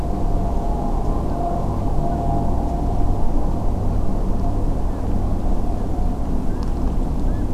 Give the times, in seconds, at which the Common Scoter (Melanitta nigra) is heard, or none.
4.89-5.01, 5.77-5.87, 6.49-6.66, 7.28-7.44